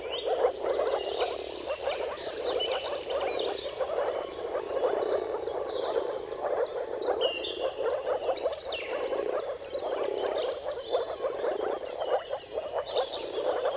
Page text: Dawn’s Chorus: Mating Calls of Marsh Frogs at Sunrise. Depending on the weather at the turn of March and April, you can witness an amazing spectacle of moor frogs. Jakub Orzecki